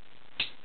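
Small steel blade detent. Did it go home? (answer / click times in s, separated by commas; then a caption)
yes / 0.4 s. The steel blade of a liner-lock folding knife is swung shut and snaps into the handle's half-way safety detent with one sharp click at 0.4 s, which keeps the fingers clear before fully closing. Someone talks over a steady background hiss, and the blade is seated in its half-closed position.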